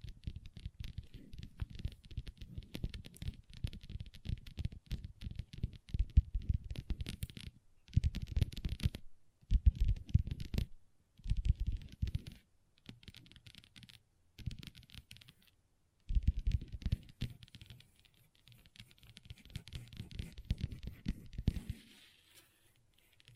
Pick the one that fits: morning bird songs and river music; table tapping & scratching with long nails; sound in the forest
table tapping & scratching with long nails